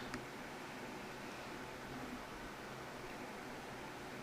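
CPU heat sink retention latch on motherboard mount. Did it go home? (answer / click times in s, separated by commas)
yes / 0.1 s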